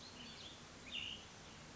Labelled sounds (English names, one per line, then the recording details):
Cassin's Vireo
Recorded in Sonoma County, California